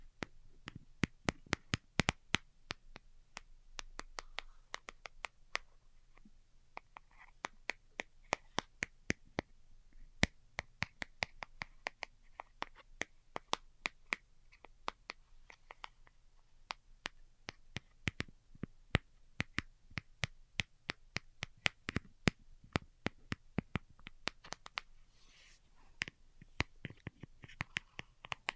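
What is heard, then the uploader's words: Delicate tapping in quick, uneven bursts of sharp clicks, dense at times and sparser between, over a low, steady hum. ASMR DELICATE Tapping for Sleep (No Talking).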